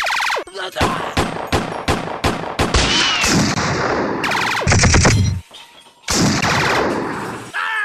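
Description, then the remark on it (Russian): Loud gunfire from a Browning pistol: a string of sharp, evenly spaced shots that thickens into dense, overlapping volleys, breaks off briefly, then resumes with more rapid cracks. “Кот прицелился и, летая как маятник над головами пришедших, открыл по ним стрельбу.”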